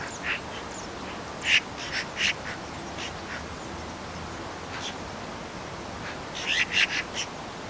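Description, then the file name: Eurasian magpie giving a few harsh, rattling chatter notes in scattered short bursts, with a cluster of quick notes near the end. "Pica pica"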